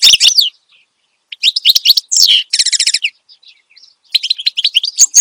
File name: Suara Kicauan Burung Finch Gacor Dor Cocok Untuk Masteran